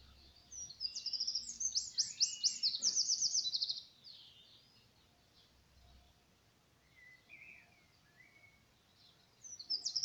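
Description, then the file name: Eurasian wren song, a brief burst of high fast trills lasting about three seconds, then quieter chirps before the song starts again at the end. "Troglodytes troglodytes"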